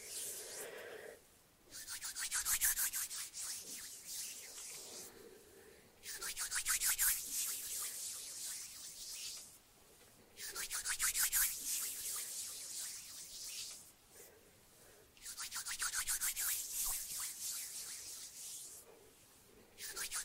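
Hands flutter fingers around a mic in long, bright bursts of rapid papery flapping, each lasting three to four seconds. Short quiet gaps separate the bursts, with a faint low rumble underneath. The flutter swells and fades slightly within each burst.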